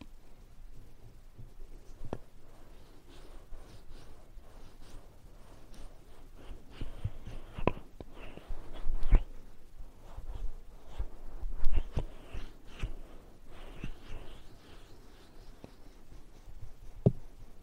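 Ear cleaning and massage sounds: soft rubbing and brushing with scattered sharp scratchy clicks, busier in the middle, over a low quiet rumble.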